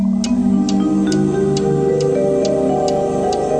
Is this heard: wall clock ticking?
yes